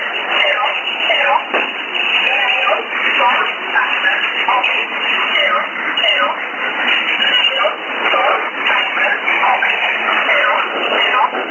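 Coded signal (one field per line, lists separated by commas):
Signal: numbers station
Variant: E11 Oblique, English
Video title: 03 12 2018 E11 Oblique Numbers station in English to Eu 0640 on 11450 unknown tx site in USB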